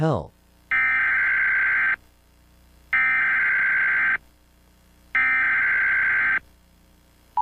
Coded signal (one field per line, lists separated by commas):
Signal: Emergency Alert System (SAME) tones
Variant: header bursts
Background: speech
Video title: SMILE - eas scenario @Crewwfoxx @uhhhhbackupacc